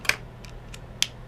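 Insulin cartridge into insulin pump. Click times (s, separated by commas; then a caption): 1.0 s. A plastic insulin cartridge is pushed down into the body of a t:slim X2 insulin pump a second time, because the first try did not click well. A sharp tick at 0.1 s and faint ticks near 0.5 and 0.7 s come before a crisp, loud click at 1.0 s, when the cartridge seats and the pump is on.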